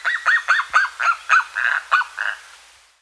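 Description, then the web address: Andean guan calling in a quick run of nasal, honking notes that fade away toward the end. Ecuador. "Birds of Ecuador. Andean Guan"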